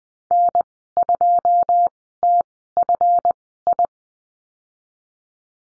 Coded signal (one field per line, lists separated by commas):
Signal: Morse code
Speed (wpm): 20 wpm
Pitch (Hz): 700 Hz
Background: none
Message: N2TFI